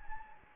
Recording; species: mosquito wingbeat signal from an infrared sensor; Anopheles gambiae